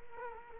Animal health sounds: mosquito wingbeat signal from an infrared sensor; Culex quinquefasciatus

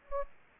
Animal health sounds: mosquito wingbeat signal from an infrared sensor; Anopheles gambiae

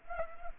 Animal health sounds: mosquito wingbeat signal from an infrared sensor; Culex pipiens

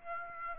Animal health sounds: mosquito wingbeat signal from an infrared sensor; Aedes aegypti

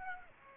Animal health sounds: mosquito wingbeat signal from an infrared sensor; Aedes aegypti

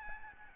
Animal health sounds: mosquito wingbeat signal from an infrared sensor; Aedes albopictus

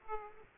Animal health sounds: mosquito wingbeat signal from an infrared sensor; Aedes aegypti

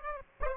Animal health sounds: mosquito wingbeat signal from an infrared sensor; Aedes aegypti

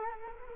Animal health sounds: mosquito wingbeat signal from an infrared sensor; Culex quinquefasciatus

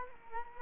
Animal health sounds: mosquito wingbeat signal from an infrared sensor; Culex quinquefasciatus

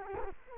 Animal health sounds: mosquito wingbeat signal from an infrared sensor; Culex quinquefasciatus

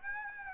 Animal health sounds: mosquito wingbeat signal from an infrared sensor; Aedes aegypti

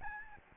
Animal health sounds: mosquito wingbeat signal from an infrared sensor; Aedes albopictus

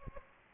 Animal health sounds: mosquito wingbeat signal from an infrared sensor; Aedes aegypti

